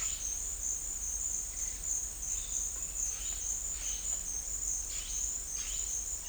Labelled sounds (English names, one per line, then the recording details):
none
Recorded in dense forest near Puerto Asís, Putumayo, Colombia, on 26 December 2024 at 10:00
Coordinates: 0.484, -76.325
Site G056